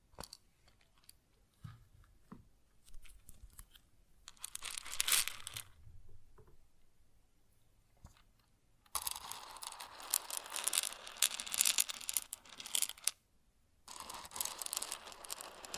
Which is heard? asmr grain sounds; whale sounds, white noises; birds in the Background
asmr grain sounds